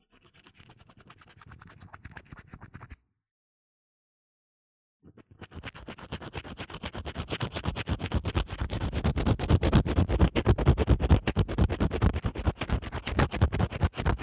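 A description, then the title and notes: Rapid scratching and brushing on an earphone microphone, a dense stream of quick rasping strokes. It starts soft, cuts to complete silence from about three to five seconds, then returns and grows louder and heavier, with a deep rumbling thump under the scratches. 刷刷耳麥 | LO-FI | Earphone Mic Scratching | NO Talking.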